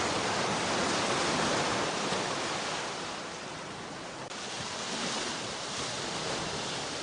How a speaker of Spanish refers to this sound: Bueno, y nos pegamos un chapuzón en el mar. Ustedes no habían escuchado el audio con el mar, ¿no?